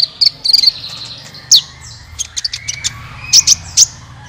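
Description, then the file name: Van Hasselt's Sunbird song: thin, high twittering notes followed by scattered sharp chirps and a few bright downslurred whistles. "suara kolibri ninja"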